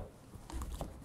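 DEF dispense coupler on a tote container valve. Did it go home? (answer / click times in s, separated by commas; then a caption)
no / none. A hand works the handle of a diesel exhaust fluid (DEF) dispense coupler fitted on a tote container valve, pressing it down so it will click, lock and stay down to seal the connection. Low handling noise runs through the clip, with short knocks at about 0.5, 0.6 and 0.8 seconds. Nothing has clicked or seated yet; the handle is not locked by the end.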